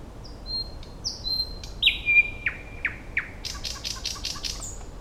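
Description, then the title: Thrush Nightingale song: a fast, varied phrase of high whistles, sharp descending notes and a rapid dry clicking rattle, over a low steady background hiss. "Nightingale (Luscinia luscinia)"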